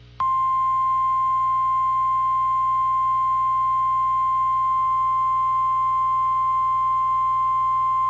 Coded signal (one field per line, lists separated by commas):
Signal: Emergency Alert System (SAME) tones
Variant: 1050 Hz attention tone